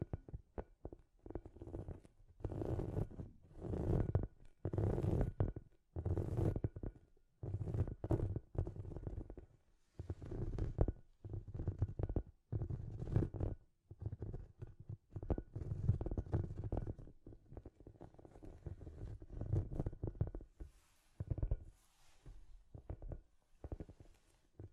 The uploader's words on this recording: ASMR The Trigger You Need for Sleep Scratchy Tapping (No Talking).